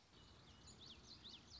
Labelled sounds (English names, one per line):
Common Yellowthroat